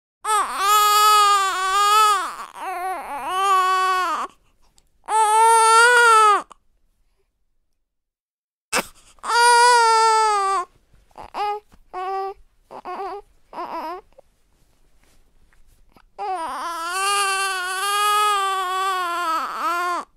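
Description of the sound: Long, high-pitched wailing cries from a newborn, each lasting one to three seconds, broken by gasping pauses and a few shorter sobbing bursts. The voice is strong and clear, with a wavering, tonal quality. This is ordinary newborn crying, with no other sounds in the background.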